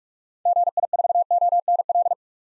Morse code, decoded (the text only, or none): GI4ONL